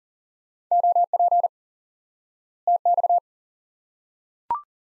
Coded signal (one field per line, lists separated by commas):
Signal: Morse code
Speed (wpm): 37 wpm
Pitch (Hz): 700 Hz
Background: none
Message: OP TX